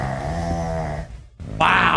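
Loud, buzzing, tonal breathing noise: a steady groaning drone for about a second, a brief pause, then a louder, harsher rasping sound. Snoring from a sleeping pug, a small flat-faced dog.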